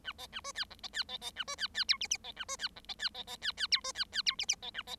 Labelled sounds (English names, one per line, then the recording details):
Bengalese Finch song
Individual Bird7